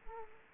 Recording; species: mosquito wingbeat signal from an infrared sensor; Aedes aegypti